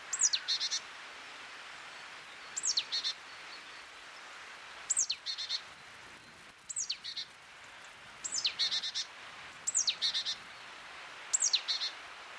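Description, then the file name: Great tit calls: a thin, high note sweeping steeply downward, then a short run of buzzy chattering notes, repeated seven times at intervals of about one and a half to two and a half seconds. "Parus major"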